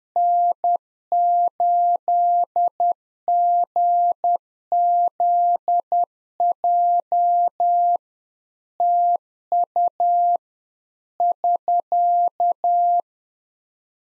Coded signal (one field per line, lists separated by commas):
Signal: Morse code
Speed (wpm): 10 wpm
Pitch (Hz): 700 Hz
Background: none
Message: N8GZJ TU <SK>